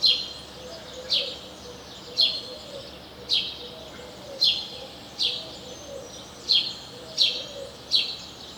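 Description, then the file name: House sparrow chirping, a harsh chirp repeated about once a second throughout, over background noise. "Passer domesticus"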